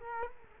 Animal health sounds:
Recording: mosquito wingbeat signal from an infrared sensor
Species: Culex quinquefasciatus

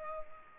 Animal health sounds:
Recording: mosquito wingbeat signal from an infrared sensor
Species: Culex pipiens

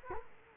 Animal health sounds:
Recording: mosquito wingbeat signal from an infrared sensor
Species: Culex quinquefasciatus

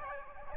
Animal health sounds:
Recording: mosquito wingbeat signal from an infrared sensor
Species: Aedes albopictus

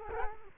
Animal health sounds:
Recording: mosquito wingbeat signal from an infrared sensor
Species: Culex quinquefasciatus

